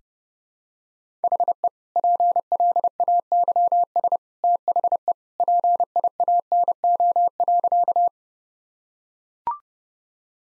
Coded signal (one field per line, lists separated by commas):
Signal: Morse code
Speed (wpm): 32 wpm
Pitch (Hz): 700 Hz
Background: none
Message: HE PLAYS THE PIANO.